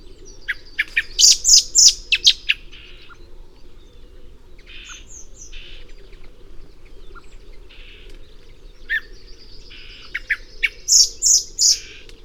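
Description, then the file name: Common blackbird calling in two bursts of several sharp, high notes, near the start and near the end, with quieter chirps and a low hum between. "Turdus merula"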